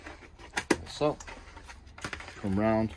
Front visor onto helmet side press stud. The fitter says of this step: and then roll it on and you'll hear the visor click